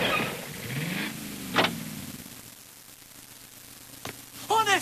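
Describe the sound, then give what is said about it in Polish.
A car engine hums and shifts in pitch as the vehicle rolls up, with a low steady rumble underneath and a couple of short sharp knocks along the way. “Nadjeżdża jakiś samochód. To musi być on.”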